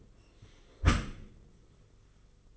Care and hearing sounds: daily activity, microphone in the room; close dishwasher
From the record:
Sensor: 4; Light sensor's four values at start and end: 22/73/27/28 and 22/74/27/28

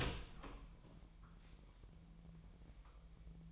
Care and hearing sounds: daily activity, microphone in the room; open door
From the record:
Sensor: 1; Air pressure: 1001.4 hPa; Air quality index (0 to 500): 249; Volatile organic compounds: 131 ppm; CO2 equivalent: 3934 ppm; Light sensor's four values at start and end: 8/20/8/8 and 9/23/9/9

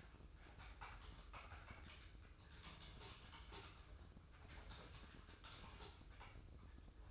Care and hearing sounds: daily activity, microphone in the room; typing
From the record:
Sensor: 2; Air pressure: 995.1 hPa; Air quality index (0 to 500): 64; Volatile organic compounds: 2 ppm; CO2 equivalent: 1090 ppm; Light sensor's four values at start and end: 17/57/21/22 and 17/57/21/22

